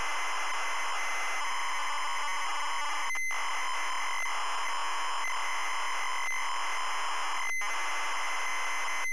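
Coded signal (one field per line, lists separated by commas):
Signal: ZX Spectrum tape loading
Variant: ZX Spectrum +3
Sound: harsh continuous screeching data warble with tones near 1 and 2 kHz, two short gaps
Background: tape hiss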